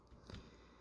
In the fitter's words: it will, you know, kind of snap.